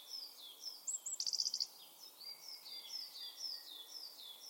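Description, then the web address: Faint bird calls: thin high whistles and a brief buzzy rattle of rapid notes over a steady background hiss. "cianscape birddata Deverinetal 2025"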